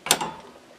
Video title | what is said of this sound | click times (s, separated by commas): Jeep CJ7 T150 Transmission Rebuild Part 2 | you can see how it locked into place and if you look at your shift rails | 0.1 s